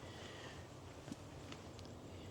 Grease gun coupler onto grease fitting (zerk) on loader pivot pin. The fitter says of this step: want to plug in right here. Bam, you hear that snap? It's your fittings in there.